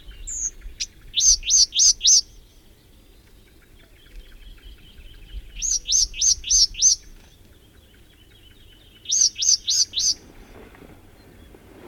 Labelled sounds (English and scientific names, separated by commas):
Sombre Tit (Poecile lugubris)